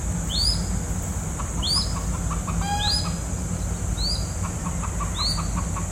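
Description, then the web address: Crested goshawk calls: five thin, sharply rising whistled notes about every 1.2 seconds, with a short harmonic call midway, over steady low hum and high hiss. "sound Crested-goshawk. صدای-پرنده-شهباز-کاکلدار"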